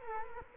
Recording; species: mosquito wingbeat signal from an infrared sensor; Culex quinquefasciatus